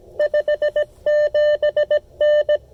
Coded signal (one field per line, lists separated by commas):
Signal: Morse code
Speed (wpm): 17 wpm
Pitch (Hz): 600 Hz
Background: none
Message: 57N